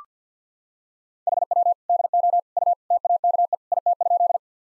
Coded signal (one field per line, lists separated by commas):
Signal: Morse code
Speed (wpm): 45 wpm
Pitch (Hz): 700 Hz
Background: none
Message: HW DO U TAKE IT?